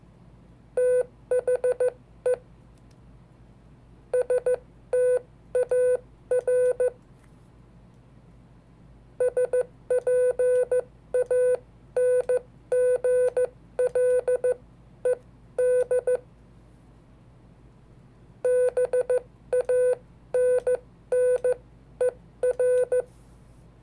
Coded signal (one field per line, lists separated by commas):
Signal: Morse code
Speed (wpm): 14 wpm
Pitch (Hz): 500 Hz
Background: music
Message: THE STAR SPANGLED BANNER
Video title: 5 Dates from History in Morse Code